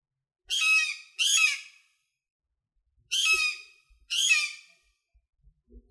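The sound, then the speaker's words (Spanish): A chicken hawk screeches four times, harsh and raspy, in two quick pairs separated by a short pause. The high-pitched cries are loud and stand alone, with no talking. “se nos metió el gavilán pollero, mae.”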